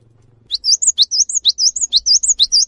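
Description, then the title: Cinereous tit song of fast, high, repeated sweeping notes, a steady rhythmic series of chip-and-whistle phrases lasting over two seconds. Actively singing bird giving long 'wucit' calls that provoke other birds of its kind to join in and call. "GELATIK BATU GACOR WUCIT PANJANGNYA BIKIN GELATIK LAIN JADI TERPANCING UNTUK IKUT BUNYI"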